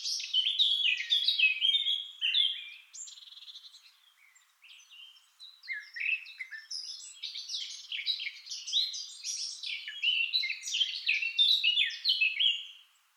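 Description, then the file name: Eurasian blackcap song: busy, tumbling warble of squeaky and fluty notes, a quieter lull midway, then a renewed loud stretch of rapid chatter. "Sylvia atricapilla"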